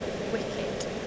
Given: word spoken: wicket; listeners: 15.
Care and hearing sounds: one English word in noise, from a listening test; speech-shaped noise; -5.3 dB; 3 of 15; 10 of 15; 0.67 s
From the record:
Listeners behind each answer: 10, 3, 1, 1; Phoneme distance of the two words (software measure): 10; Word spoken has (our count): 2 syllables, 5 phonemes, stress on syllable 1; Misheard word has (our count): 2 syllables, 5 phonemes, stress on syllable 1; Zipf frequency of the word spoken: 3.60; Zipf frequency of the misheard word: 4.16

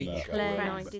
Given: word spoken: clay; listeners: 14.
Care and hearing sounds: one English word in noise, from a listening test; four-talker babble; -0.1 dB; 2 of 14; 7 of 14; 0.60 s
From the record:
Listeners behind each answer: 7, 2, 1, 1, 1, 1, 1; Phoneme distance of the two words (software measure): 10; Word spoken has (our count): 1 syllable, 3 phonemes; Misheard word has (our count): 1 syllable, 3 phonemes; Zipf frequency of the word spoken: 4.18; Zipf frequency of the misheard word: 5.69

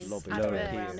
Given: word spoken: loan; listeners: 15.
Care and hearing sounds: one English word in noise, from a listening test; four-talker babble; -0.1 dB; 0 of 15; 8 of 15; 0.60 s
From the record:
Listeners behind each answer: 8, 2, 2, 1, 1, 1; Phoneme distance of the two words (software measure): 27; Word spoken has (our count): 1 syllable, 3 phonemes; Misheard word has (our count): 2 syllables, 4 phonemes, stress on syllable 1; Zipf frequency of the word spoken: 4.32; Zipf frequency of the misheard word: 3.75

